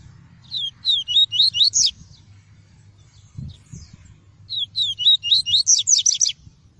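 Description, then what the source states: Double-collared seedeater singing two quick phrases of bright whistled slurs, each of about seven to nine notes, separated by a short gap with a faint low thump. Song of the "tui-tui" variety.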